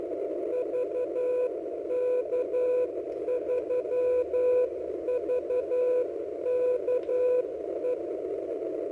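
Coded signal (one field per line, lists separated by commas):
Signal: Morse code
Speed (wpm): 12 wpm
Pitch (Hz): 500 Hz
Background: none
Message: VK3VKE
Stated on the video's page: 40 metre signal used to test the far-field pattern of an experimental small E-field beam antenna.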